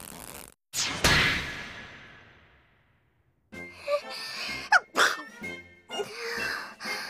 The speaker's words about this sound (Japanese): くしゃみが出る。風邪かな。